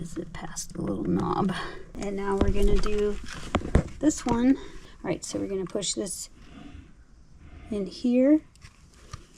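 Someone talks while handling the second plastic harness connector of a brake flasher module for a Can-Am Spyder motorcycle, lining it up to push into its mating harness plug, where a snap is the sign it is connected correctly. Only faint handling noises are heard under the talking. Nothing has seated or clicked yet when the clip ends.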